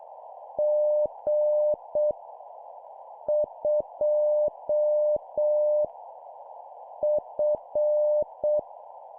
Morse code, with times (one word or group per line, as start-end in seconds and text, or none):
0.6-2.1 G
3.3-5.8 2
7.0-8.6 F